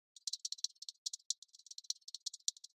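Crab walking sound: a rapid series of dry, crisp clicks and taps, irregular but nearly continuous, like light scratching on a hard surface.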